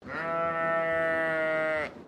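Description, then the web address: Sheep bleating in a single drawn-out, steady, nasal baa lasting nearly two seconds, with no other clear sounds. "Sound Effects-Foundation 1 ANIMAL SHEEP BAA"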